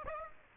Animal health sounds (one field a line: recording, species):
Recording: mosquito wingbeat signal from an infrared sensor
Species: Aedes aegypti